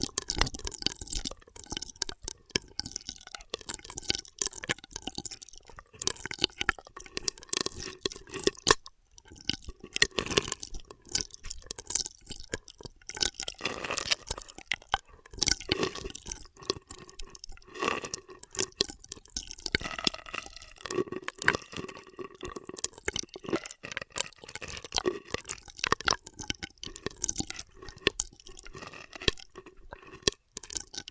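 Straw triggers: a dense, nonstop run of quick crackling clicks, wet slurps and squeaky rubbing that spans low to bright sounds. The rhythm is fast and uneven, with a brief quiet gap near nine seconds before the busy texture resumes to the end.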